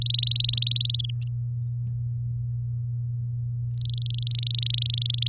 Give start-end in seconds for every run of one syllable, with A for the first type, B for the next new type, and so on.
0.01-1.01 A, 1.04-1.10 B, 3.74-5.28 C